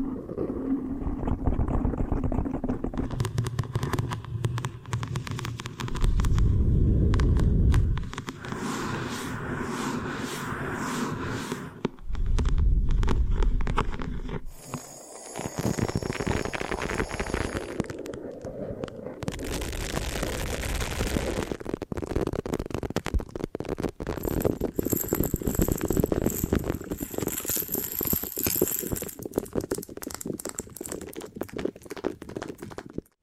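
Hair washing and brushing sounds in layers: dense, rustling scrubs and crackling strokes shift in texture every few seconds. Heavy low rumbling bursts swell around 6–8 and 12–14 seconds, and thin high ringing tones appear near 15 seconds and again after 25.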